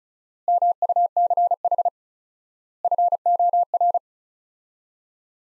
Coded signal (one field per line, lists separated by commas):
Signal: Morse code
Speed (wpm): 34 wpm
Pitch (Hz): 700 Hz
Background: none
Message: MUCH FOR